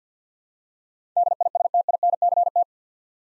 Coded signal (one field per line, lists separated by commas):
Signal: Morse code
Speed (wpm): 53 wpm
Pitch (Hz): 700 Hz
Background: none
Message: DISTINCT